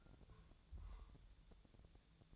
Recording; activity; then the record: daily activity, microphone in the room; take from stove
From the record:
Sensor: 3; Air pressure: 999.3 hPa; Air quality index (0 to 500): 195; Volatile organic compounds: 42 ppm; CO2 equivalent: 3185 ppm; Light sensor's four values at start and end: 8/18/7/7 and 8/18/7/7